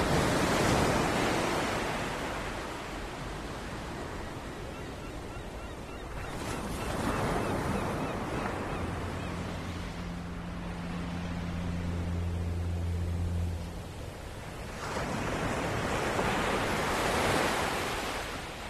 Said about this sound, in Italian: Ecco, quello che avete sentito potrebbe essere il mare di qualunque posto, però visto che si parlava di suoni e del potere dei suoni, abbiamo voluto mandarvi questi 20 secondi di registrazione che Tiziano ha fatto domenica mattina sulla costa